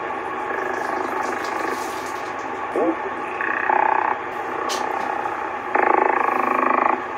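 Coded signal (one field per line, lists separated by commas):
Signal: radar signal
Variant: over-the-horizon radar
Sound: rapid buzzing pulse train bursts, like a rattling clatter, over radio hiss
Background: radio static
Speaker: that little clip there was from my icom in the house i've heard that sound before somebody else on youtube had put it up like four years ago and it sounds like an over the horizon radar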